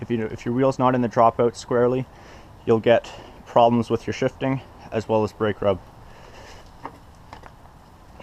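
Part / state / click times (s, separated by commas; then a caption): bicycle wheel axle into frame dropout / seated / 6.9 s. Someone talks while a bicycle wheel is pressed evenly so its axle sits squarely in the frame dropouts, which avoids shifting problems and brake rub. A little pop at 6.9 s marks the axle seating in the dropout, followed by a few faint knocks.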